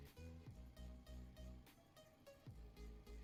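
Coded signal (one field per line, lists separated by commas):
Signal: none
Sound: game music beeps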